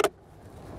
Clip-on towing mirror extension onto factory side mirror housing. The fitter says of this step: and then you just snap it down it snaps into place